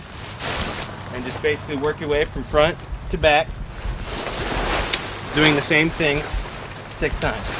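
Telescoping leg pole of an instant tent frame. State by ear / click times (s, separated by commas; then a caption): seated / 4.9 s. Someone talks while the bottom telescoping leg pole of a Coleman Instant Tent frame is pulled out from the top hub section until its spring button clicks and locks. A single short, sharp click is heard at 4.9 s, and the leg pole is seated and locked.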